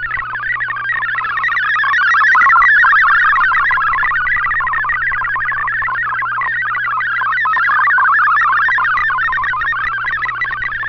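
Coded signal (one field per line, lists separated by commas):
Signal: multi-tone FSK (Olivia or MFSK type)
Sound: rapid warbling sequence of pure tones hopping up and down, continuous throughout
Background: low hum, radio static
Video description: Here is my decode of the Shortwave Radiogram broadcast today on 7780Khz shortwave radio at 2330UTC in MFSK32, 64 and 8PSK-125F ,250F with 7 SSTV images.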